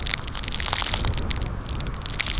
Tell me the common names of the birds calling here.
none